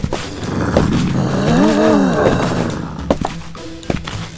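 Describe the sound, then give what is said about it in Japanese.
A single drawn-out, cow-like bellow from a Minotaur, a bull-headed monster crossing at a pedestrian crossing in the underworld in the anime High School DxD. It swells and falls in pitch over a low rumbling background, followed by a few short hollow thunks near the end. “ミノタウロス、牛、美味しそう。”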